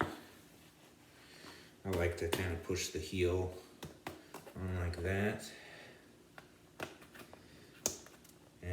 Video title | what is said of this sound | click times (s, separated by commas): Turbomed with hammer toe | boom pops right in | 7.9 s